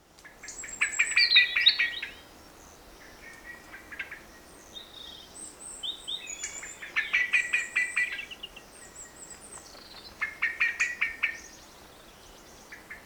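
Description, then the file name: Eurasian blackbird giving three bursts of rapid, sharp chattering notes, with thin high notes in between. "Turdus merula"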